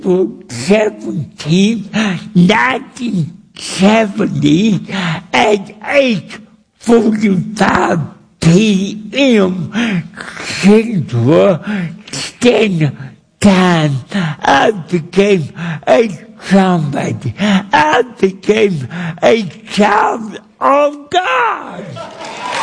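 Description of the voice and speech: Slow, effortful preaching by an adult man, a little difficult to understand, with drawn-out vowels, blurred consonants and long pauses: dysarthria from cerebral palsy.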